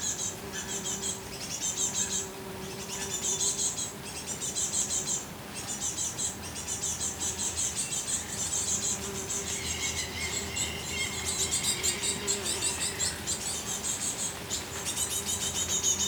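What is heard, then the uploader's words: A forest buzzes with dense, continuous insect noise, bright chirping pulses repeating in quick bursts high up almost without pause. Birds call through it, with a clearer whistled note around ten to thirteen seconds, over a low steady hum. The Forest is Buzzing.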